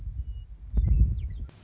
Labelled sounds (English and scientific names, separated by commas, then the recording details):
Western Meadowlark (Sturnella neglecta)
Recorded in Sonoma County, California